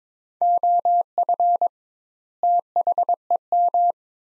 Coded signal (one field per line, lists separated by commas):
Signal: Morse code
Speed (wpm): 22 wpm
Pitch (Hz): 700 Hz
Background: none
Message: OF THEM